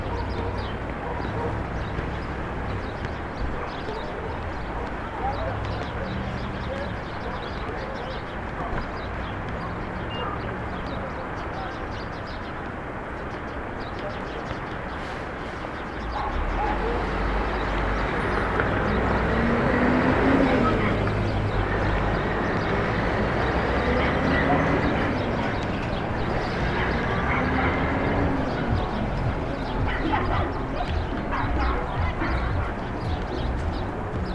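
Rooftop city ambience in Brooklyn: a steady wash of traffic and murmuring voices, swelling louder around twenty seconds, with a dog barking faintly.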